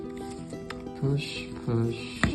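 An iPhone 6 screen assembly is being handled and pushed down toward the phone's rear housing frame while someone talks over steady background music. The clip ends before the part goes home, and nothing has seated or clicked yet.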